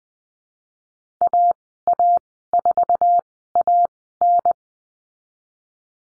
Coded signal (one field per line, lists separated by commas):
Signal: Morse code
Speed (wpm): 20 wpm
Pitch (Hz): 700 Hz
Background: none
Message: AA4AN